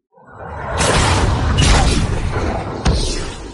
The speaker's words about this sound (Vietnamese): Phi thuyền vũ trụ gia tốc bay vút lên trời.